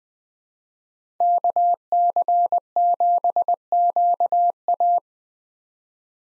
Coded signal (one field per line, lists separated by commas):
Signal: Morse code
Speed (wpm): 20 wpm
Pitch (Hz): 700 Hz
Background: none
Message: KC7QA